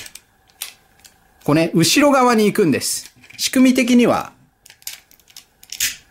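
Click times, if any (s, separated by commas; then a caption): 4.9 s, 5.7 s. Someone talks while pushing in the plastic arm-combining joint on a die-cast and plastic toy robot vehicle, sliding the part backward. Small sharp clicks follow as the joints on both sides lock in place, with distinct clicks at 4.9 s and 5.7 s.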